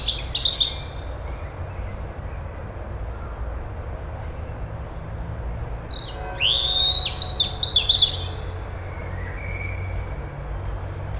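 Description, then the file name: European robin song: a brief high note early on, then a longer warbling phrase of thin, sliding whistles and trills midway, against faint background noise. "Erithacus rubecula"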